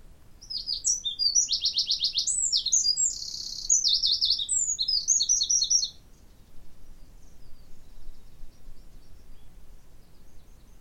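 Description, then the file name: Eurasian wren singing a loud, high, rapid song of ringing trills and sharp notes for about five seconds, followed by quieter background with steady low rumble. Recorded 29 October 2019. "Troglodytes troglodytes 191029"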